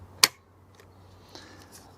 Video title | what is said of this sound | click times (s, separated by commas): SUBLUE MixPro 2026 Unboxing - What's Inside? Colors, Setup & Airline-Approved Battery | like that, and then push the rear of the battery down until you hear a click. | 0.2 s